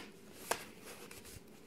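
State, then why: Seated. A piece of plastic weeping tile pipe, part of a costume arm, is pushed into its mating joint and snaps in with a sharp click at 0.5 s. A softer knock follows at about 1.1 s over faint background noise. The part seats with a nice tight fit.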